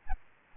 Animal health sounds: mosquito wingbeat signal from an infrared sensor; Aedes albopictus

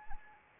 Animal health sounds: mosquito wingbeat signal from an infrared sensor; Anopheles arabiensis

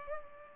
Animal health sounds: mosquito wingbeat signal from an infrared sensor; Culex pipiens

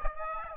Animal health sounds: mosquito wingbeat signal from an infrared sensor; Aedes aegypti

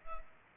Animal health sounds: mosquito wingbeat signal from an infrared sensor; Culex pipiens

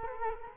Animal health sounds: mosquito wingbeat signal from an infrared sensor; Culex quinquefasciatus

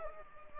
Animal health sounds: mosquito wingbeat signal from an infrared sensor; Culex pipiens

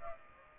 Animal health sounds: mosquito wingbeat signal from an infrared sensor; Aedes aegypti

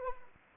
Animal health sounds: mosquito wingbeat signal from an infrared sensor; Anopheles arabiensis

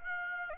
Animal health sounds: mosquito wingbeat signal from an infrared sensor; Aedes aegypti

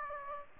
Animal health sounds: mosquito wingbeat signal from an infrared sensor; Aedes aegypti

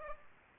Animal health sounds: mosquito wingbeat signal from an infrared sensor; Culex pipiens

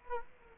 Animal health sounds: mosquito wingbeat signal from an infrared sensor; Culex quinquefasciatus

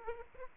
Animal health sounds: mosquito wingbeat signal from an infrared sensor; Aedes aegypti

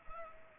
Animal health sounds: mosquito wingbeat signal from an infrared sensor; Culex pipiens

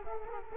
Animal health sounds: mosquito wingbeat signal from an infrared sensor; Culex quinquefasciatus

